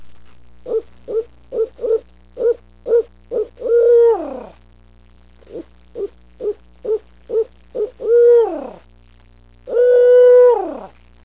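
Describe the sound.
Owl hooting: a quick run of short hoots about three per second, closing on a longer drawn-out hoot that drops at the end; the sequence occurs twice, followed by one more long hoot.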